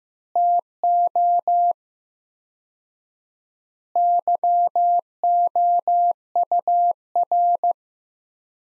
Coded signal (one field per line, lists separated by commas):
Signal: Morse code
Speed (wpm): 15 wpm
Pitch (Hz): 700 Hz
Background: none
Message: TO YOUR